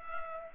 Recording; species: mosquito wingbeat signal from an infrared sensor; Culex pipiens